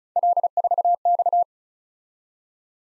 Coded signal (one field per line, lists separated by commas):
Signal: Morse code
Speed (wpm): 36 wpm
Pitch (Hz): 700 Hz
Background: none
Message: L4X